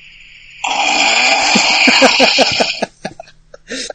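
A loud, harsh, rattling snore lasting about two seconds, with a fast flutter, then quieter breathing, from an adult sleeper.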